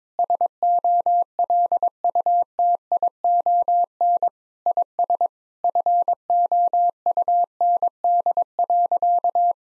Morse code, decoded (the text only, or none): SOLUTION IS FOUND.